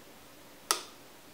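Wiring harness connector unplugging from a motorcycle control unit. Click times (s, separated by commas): 0.7 s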